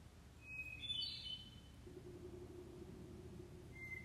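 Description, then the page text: Hermit thrush song phrase: a long pure whistle breaking into a quick higher fluty tumble, a second phrase beginning at the end, with a low engine-like hum setting in behind. Recorded in Maryland. "Hermit Thrush by Josh Emm"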